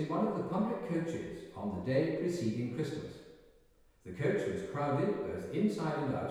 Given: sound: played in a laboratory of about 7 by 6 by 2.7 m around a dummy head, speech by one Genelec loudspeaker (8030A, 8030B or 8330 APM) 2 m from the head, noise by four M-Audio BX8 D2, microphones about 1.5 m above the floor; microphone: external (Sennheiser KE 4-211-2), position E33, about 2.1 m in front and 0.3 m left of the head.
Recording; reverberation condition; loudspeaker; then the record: male speech in English; high; 150 degrees to the right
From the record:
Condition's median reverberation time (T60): about 1300 ms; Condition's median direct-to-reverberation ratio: about -4.0 dB